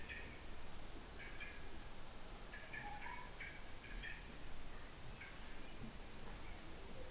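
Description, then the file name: Common blackbird calls: short clipped notes in quick clusters, repeated throughout over a steady low rumble of background noise. "Turdus merula"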